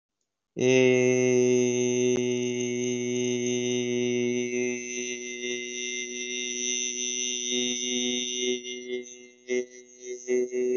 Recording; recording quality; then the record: sustained vowel as in made; excellent, no background noise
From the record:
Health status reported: COVID-19 positive, no symptoms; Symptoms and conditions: none ticked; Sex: male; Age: 25 years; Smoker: not ticked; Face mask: not worn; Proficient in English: no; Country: India